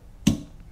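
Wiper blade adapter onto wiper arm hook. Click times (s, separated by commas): 0.3 s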